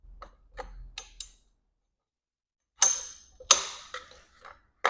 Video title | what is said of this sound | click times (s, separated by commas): How to set up and what's needed to qualify for a bedside commode | with the little click | 4.9 s